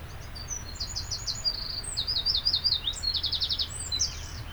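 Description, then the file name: Eurasian wren song, a shrill, hurried string of trills, rattling runs and sharp chips at very high pitch, continuous throughout, with low background rumble. "Troglodytes troglodytes"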